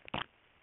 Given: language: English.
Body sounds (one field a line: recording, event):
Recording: throat vibration sensor signal played as sound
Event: swallow